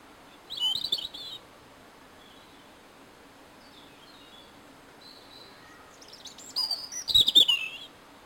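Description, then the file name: European robin with high thin twitters, one short phrase early, faint notes in the middle, and a louder scratchy burst near the end. "Erithacus rubecula"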